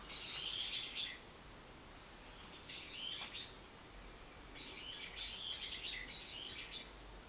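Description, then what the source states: Bird chirps in scratchy, high bursts, a dense cluster at the start, another near three seconds and a longer run after four and a half seconds, over a steady hiss. Recorded 24 March 2023.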